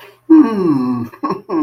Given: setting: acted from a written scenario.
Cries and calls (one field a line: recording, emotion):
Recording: vocal sound without words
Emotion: positive surprise